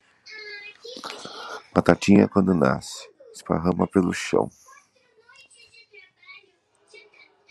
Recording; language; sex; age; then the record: short text; Brazilian Portuguese; male; 40 to 49 years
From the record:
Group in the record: control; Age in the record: 41 years